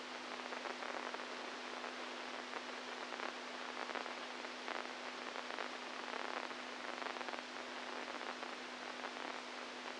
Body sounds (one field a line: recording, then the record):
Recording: brain microelectrode recording played as sound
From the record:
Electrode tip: inside the subthalamic nucleus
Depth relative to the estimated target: -1 mm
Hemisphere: right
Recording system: NeuroSet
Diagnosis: Parkinson's disease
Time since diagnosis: 10 years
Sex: male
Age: 65 years